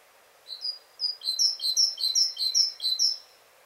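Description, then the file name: Great tit calling, a quick series of several sharp, high notes run together over about two and a half seconds. "Parus major"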